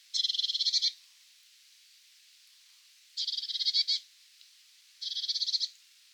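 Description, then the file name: Eurasian blue tit churring: three dry, buzzy rattles of under a second each, spaced one to two seconds apart, over a quiet background. "Cyanistes caeruleus"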